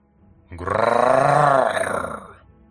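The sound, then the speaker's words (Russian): A deep, guttural animal growl in a forest rises suddenly from all sides and holds for about two seconds, rough and rumbling with a strong throaty tone, then fades out. No one speaks over it. “Разговор прервало утробное рычание, доносящееся со всех сторон.”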